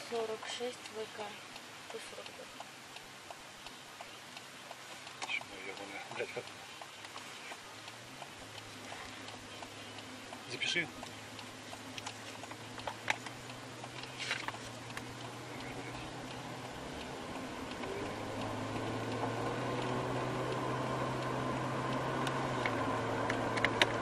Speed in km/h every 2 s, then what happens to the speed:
4, 0, 0, 0, 0, 0, 0, 13, 16, 24, 37, 48.
2-12 standing. 12-24 pulls away to 48.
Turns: none.